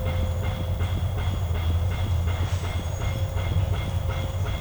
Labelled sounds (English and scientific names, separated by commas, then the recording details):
none
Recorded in secondary vegetation near Puerto Asís, Putumayo, Colombia, on 16 December 2024 at 11:00
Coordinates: 0.499, -76.323
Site G010